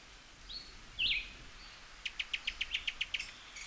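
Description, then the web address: Cuban tody call: a couple of high whistled notes, then a rapid dry series of about nine short clicking notes at a steady pace. "sound Cuban-tody. صدای-پرنده-تودی-کوبایی"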